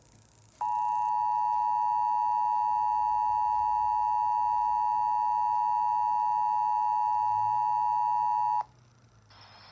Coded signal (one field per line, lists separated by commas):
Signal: Emergency Alert System (SAME) tones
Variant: 853 and 960 Hz attention tone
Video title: Waterloo #EAS (Late)